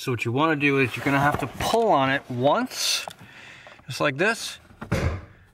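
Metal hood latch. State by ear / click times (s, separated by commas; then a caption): released / 4.9 s. A single pull on the loop of the manual hood release cable on a C8 Corvette with no battery power pops the first stage of the dual-latch front hood, while someone talks. A short tick comes at 4.8 s, then a louder pop at 4.9 s as the latch releases.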